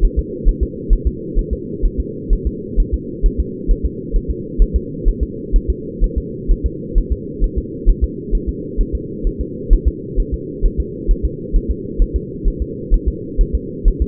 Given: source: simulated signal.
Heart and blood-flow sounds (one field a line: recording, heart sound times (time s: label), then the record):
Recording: fetal heart sounds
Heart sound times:
0.04 s: S1
0.19 s: S2
0.48 s: S1
0.63 s: S2
0.93 s: S1
1.07 s: S2
1.39 s: S1
1.53 s: S2
1.85 s: S1
2.00 s: S2
2.33 s: S1
2.47 s: S2
2.80 s: S1
2.94 s: S2
3.26 s: S1
3.40 s: S2
3.71 s: S1
3.85 s: S2
4.16 s: S1
4.31 s: S2
4.62 s: S1
4.76 s: S2
5.08 s: S1
5.23 s: S2
5.56 s: S1
5.70 s: S2
6.04 s: S1
6.18 s: S2
6.51 s: S1
6.66 s: S2
6.98 s: S1
7.12 s: S2
7.44 s: S1
7.58 s: S2
7.89 s: S1
8.04 s: S2
8.35 s: S1
8.49 s: S2
8.81 s: S1
8.95 s: S2
9.27 s: S1
9.41 s: S2
9.73 s: S1
9.88 s: S2
10.20 s: S1
10.34 s: S2
10.66 s: S1
10.80 s: S2
11.11 s: S1
11.25 s: S2
11.56 s: S1
11.71 s: S2
12.02 s: S1
12.16 s: S2
12.48 s: S1
12.62 s: S2
12.94 s: S1
13.08 s: S2
13.41 s: S1
13.55 s: S2
13.88 s: S1
14.02 s: S2
From the record:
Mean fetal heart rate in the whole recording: 130 bpm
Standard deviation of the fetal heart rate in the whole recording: 4 bpm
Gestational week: 38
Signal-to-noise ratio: -4.1 dB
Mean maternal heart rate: no maternal heart sound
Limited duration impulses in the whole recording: absent